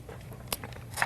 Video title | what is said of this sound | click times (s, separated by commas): Top 7 Best Knife For Cutting Meat Accurately - Sharpest And Perfect Meat Cutting Knife On Your Hand | housing right here, and it snaps right into place. | 1.0 s